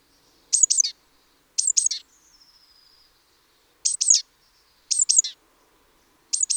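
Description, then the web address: Great tit calls: five sharp double chirps, with a faint rapid thin trill between the second and third pairs. "SETE Parus major"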